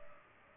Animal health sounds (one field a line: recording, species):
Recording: mosquito wingbeat signal from an infrared sensor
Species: Culex pipiens